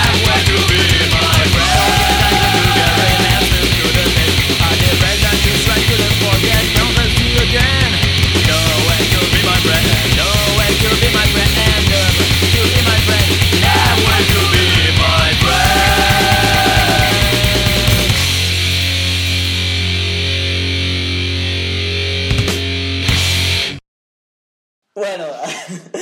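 A rough, poorly made cover of a song plays loudly, with a steady thumping bass line and sung vocals over dense guitars, cutting off abruptly near the end before a brief silence.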